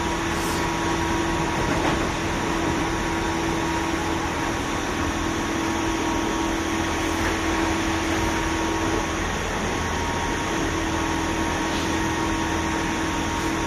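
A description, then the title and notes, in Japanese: A JR 201 series train gives a steady, dense whirring rumble with a constant loudness throughout. A sustained mid-pitched drone holds, briefly shifting and wavering just after the nine-second mark before settling again, with faint higher hums running alongside. JR201系 桃谷〜桃谷。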